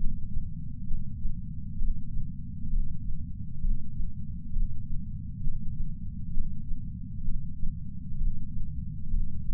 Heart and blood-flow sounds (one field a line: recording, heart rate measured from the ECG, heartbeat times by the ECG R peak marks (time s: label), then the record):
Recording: heart sounds by patch sensor on the chest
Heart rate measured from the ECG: 66 bpm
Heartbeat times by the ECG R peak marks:
0.00 s: heartbeat
0.88 s: heartbeat
1.79 s: heartbeat
2.70 s: heartbeat
3.62 s: heartbeat
4.53 s: heartbeat
5.43 s: heartbeat
6.34 s: heartbeat
7.25 s: heartbeat
8.18 s: heartbeat
9.11 s: heartbeat
From the record:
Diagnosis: coronary artery disease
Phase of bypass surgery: preoperative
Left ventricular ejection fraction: 50.2%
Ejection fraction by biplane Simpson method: 54%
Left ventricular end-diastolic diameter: 54 mm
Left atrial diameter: 42 mm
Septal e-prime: 4.1 cm/s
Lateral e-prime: 7.1 cm/s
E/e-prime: 7.2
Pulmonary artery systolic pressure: 19 mmHg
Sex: male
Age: 60 years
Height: 170 cm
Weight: 103 kg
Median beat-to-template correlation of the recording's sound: 0.82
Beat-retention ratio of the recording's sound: 0.99